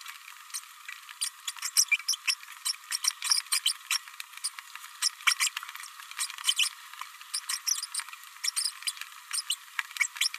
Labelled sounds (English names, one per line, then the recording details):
Green-rumped Parrotlet babbling
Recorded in a nest box in Venezuela
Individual 18B104A3